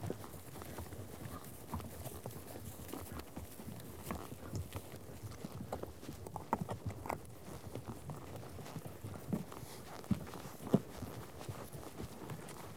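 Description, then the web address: Softer horse hoof clops under a low rumbling background, a few sharper knocks now and then. A herd of horses out on trek. "BBC Sound Effects Library - Horses Herd of horses out on trek"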